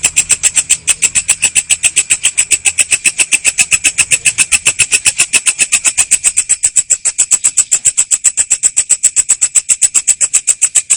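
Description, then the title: Cricket chirping continuously: a loud, shrill, evenly pulsed trill that keeps going unchanged throughout, with a faint low hum early on. Loud cricket chirping (ngerik) played to make lovebirds sing their continuous ngekek song. "Suara JANGKRIK NGERIK Keras Bikin LOVEBIRD Jadi NGEKEK Terus Vubey"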